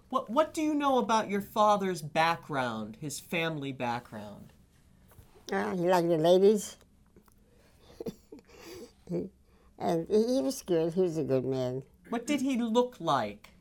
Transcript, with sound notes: What do you know about your father's background, his family background?
He liked the ladies. ( she laughs ) And, he was good. He was a good man.
What did he look like?